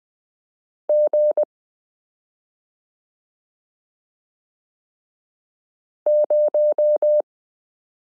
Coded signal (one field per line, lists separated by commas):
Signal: Morse code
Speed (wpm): 20 wpm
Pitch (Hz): 600 Hz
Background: none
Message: G0